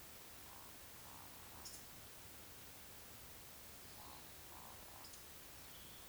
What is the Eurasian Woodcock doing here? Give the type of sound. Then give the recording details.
whistle, croak. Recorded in Baden-Württemberg, Germany, on 19 June 2020 at 19:47 UTC. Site 49006, 684 m above sea level